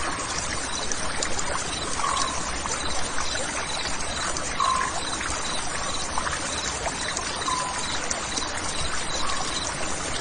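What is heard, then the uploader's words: A steady, dense rush of running water fills the whole ten seconds, like a stream or trickle pouring without pause. Short, faint whistle-like notes surface over it about every two to three seconds, and the loudness barely changes throughout. The sound of spring, natural Zen sound.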